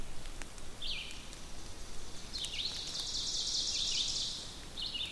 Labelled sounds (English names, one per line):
Ovenbird song